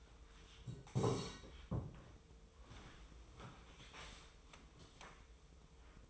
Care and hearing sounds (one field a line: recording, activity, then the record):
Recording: daily activity, microphone in the room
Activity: sit down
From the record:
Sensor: 1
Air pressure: 1005.4 hPa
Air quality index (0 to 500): 122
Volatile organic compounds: 5 ppm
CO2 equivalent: 1712 ppm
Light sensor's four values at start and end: 11/26/10/11 and 11/27/11/12